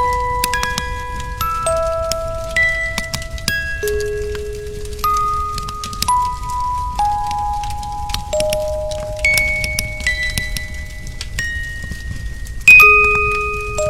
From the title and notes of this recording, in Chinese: 风铃、音乐盒。